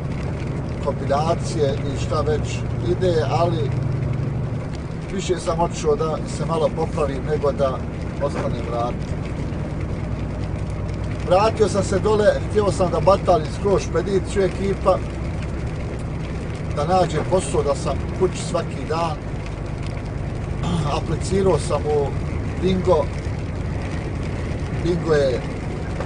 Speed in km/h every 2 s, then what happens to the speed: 61, 63, 64, 65, 66, 68, 69, 71, 73, 73, 74, 76, 78.
0-26 speeds up to 78.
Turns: none.